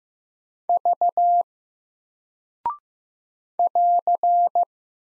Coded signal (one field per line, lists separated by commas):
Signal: Morse code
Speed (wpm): 15 wpm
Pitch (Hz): 700 Hz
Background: none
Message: V <AR>